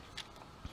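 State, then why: Not seated. The plastic front section of a Transformers Siege Deluxe Sideswipe transforming toy car is swung down so its two small pegs go into holes in the body. A faint, bright plastic tick comes at about 0.2 s and a soft low thump near 0.65 s. Nothing clips in: the front only sits roughly in place.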